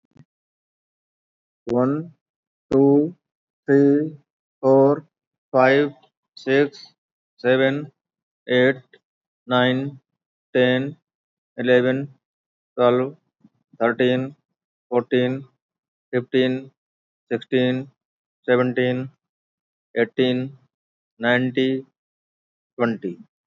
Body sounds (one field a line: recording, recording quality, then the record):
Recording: counting at a normal pace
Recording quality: excellent, no background noise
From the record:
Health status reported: recovered from COVID-19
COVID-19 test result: negative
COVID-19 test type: RT-PCR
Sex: male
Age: 48 years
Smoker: no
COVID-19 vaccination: both doses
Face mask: not worn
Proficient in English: no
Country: India